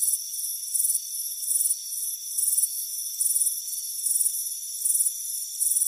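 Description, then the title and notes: Cricket chirps in short bursts of rapid pulses, repeated at a steady pace over a steady high-pitched insect drone. Crickets chirping on a warm afternoon, front porch. "Soothing Crickets Chirping Sound. It's a warm afternoon as you relax in a hammock on the front porch. Relax and fall asleep to the soothing sound of chirping crickets. Deep Sleep Sounds"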